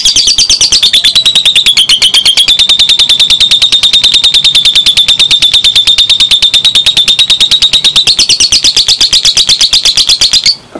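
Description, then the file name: Lovebird singing an unbroken, rapid rattling trill of high notes for about ten seconds, steady in rhythm, stopping abruptly. Lovebird that was a national contest champion, named Si Gempol. "Suara Lovebird Juara Lomba Nasional Si Gempol Juara"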